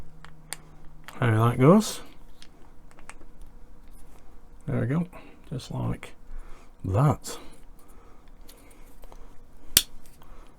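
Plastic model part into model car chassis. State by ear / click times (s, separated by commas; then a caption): seated / 9.8 s. A plastic shock absorber part for a Hachette Batmobile Tumbler die-cast/plastic model kit (issues 47 to 49) is pressed into its mounting on the model car chassis while someone talks. Faint small ticks and handling noises lead up to one sharp, loud click at 9.8 s as the part snaps into place and seats.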